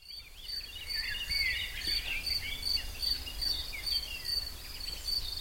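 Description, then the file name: Cicada buzz, high and evenly pulsed without a break, mixed with many short chirping bird calls. "Zikaden"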